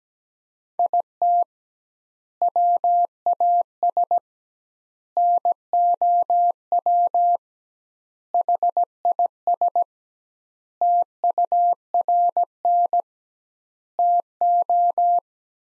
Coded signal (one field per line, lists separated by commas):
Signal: Morse code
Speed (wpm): 17 wpm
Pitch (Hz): 700 Hz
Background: none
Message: IT WAS NOW HIS TURN TO